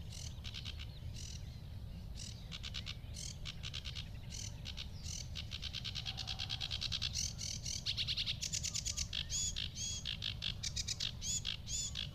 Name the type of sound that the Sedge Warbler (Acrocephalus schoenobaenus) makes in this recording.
song